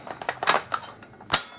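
An 18V battery pack is slid onto a Ridgid blade-left cordless circular saw after its 6 1/2" blade has been changed. A few light plastic taps and scrapes are heard, then a single loud, sharp click at 1.3 s as the pack latches home, and the battery is seated.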